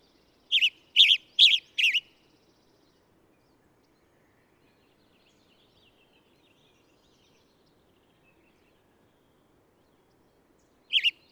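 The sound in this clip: Bird producing a short series of four sharp chirps, then a long silence, with a new chirp just starting at the very end.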